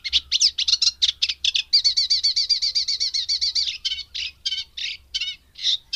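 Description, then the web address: Eurasian reed warbler song: jumbled harsh notes, then a long even series of identical chirps repeated quickly, followed by slower scattered churrs. "Madardalok Cd 3 Cserregő nádiposzáta"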